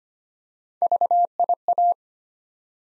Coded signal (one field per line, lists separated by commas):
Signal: Morse code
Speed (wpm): 25 wpm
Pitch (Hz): 700 Hz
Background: none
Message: VIA